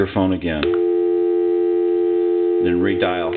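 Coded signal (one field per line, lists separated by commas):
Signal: telephone call progress tone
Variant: North America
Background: speech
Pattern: dial tone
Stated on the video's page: Telephone call progress tone heard on a repaired Crosley wall telephone during its final check-out.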